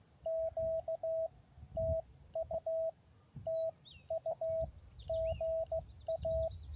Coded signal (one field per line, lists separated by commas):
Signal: Morse code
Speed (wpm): 16 wpm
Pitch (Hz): 650 Hz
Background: radio noise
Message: Q TU TU GA